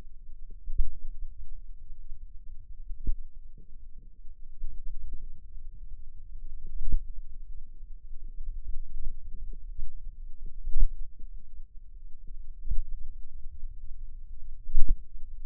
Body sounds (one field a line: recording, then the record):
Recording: forearm muscle sounds (acoustic myography)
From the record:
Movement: finger pinch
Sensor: system 2, bracelet of six BSWA MPA416 microphones around the upper forearm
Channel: 2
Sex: female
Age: 22 years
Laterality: right